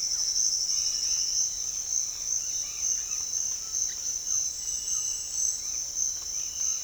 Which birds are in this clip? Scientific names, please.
Orthopsittaca manilatus